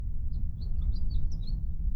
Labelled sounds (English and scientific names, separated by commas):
House Finch (Haemorhous mexicanus) song